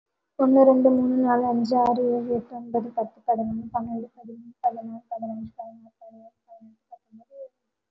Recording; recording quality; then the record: counting at a fast pace; excellent, no background noise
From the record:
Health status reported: COVID-19 positive, moderate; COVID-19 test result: positive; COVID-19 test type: RT-PCR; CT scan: taken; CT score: 1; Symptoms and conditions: fever, fatigue, loss of smell and taste, another condition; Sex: female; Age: 30 years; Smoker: no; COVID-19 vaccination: both doses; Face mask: worn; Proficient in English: yes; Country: India